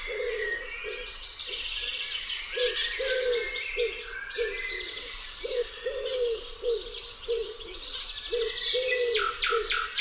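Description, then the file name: Common wood pigeon: repeated low coo phrases in a loose rhythm under a dense, loud chorus of chirping and trilling small birds. "grzywacz"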